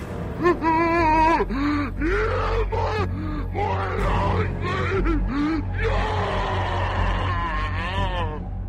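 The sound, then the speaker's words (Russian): A hoarse, strained human scream at night, mixing suffering, fear and rage, rises and falls in wavering bursts for several seconds, mixing groans and yells over a steady low rumble, staying loud and growing louder. “Этот хриплый крик, в котором смешались страдания, страх и ярость, становился все громче и громче.”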